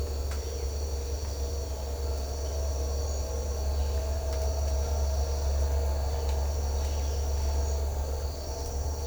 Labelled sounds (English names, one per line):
none